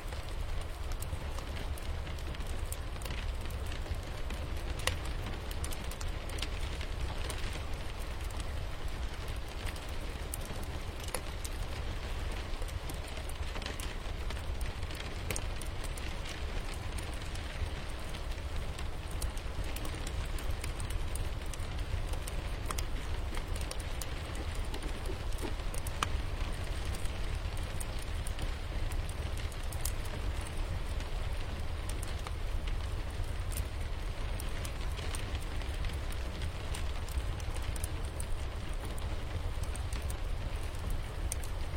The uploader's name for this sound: Sitting by the fire